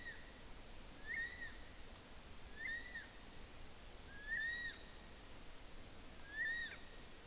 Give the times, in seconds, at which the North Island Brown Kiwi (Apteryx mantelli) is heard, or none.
0.00-7.03